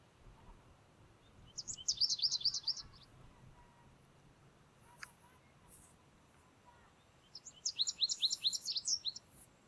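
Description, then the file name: American Goldfinch twittering calls: a quick burst of high, rapidly repeated chips near two seconds, quiet, then a second longer run of bright notes near eight seconds. "Carduelis tristis - American Goldfinch"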